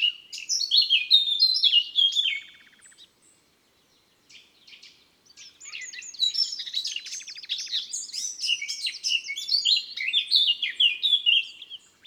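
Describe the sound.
Eurasian blackcap song: a fast, high, scratchy warble of tumbling notes, then after a brief pause a longer warbling phrase.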